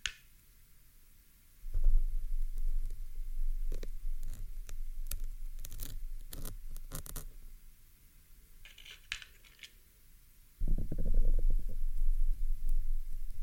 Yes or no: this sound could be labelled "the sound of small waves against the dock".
no